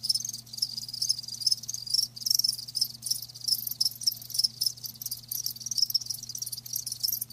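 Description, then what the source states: Cricket chorus of rapid high chirps, steady and unbroken, individual pulses audible within the shrill trill, faint hum below. Live crickets chirping, a lulling song.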